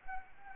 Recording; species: mosquito wingbeat signal from an infrared sensor; Anopheles arabiensis